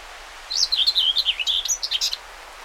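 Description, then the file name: Common whitethroat song, a single lively scratchy warble of quick up-and-down notes lasting under two seconds, with mild background hiss. Recorded 20 May 2009. "20090520 whitethroat"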